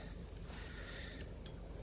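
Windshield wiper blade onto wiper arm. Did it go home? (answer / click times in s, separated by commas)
no / none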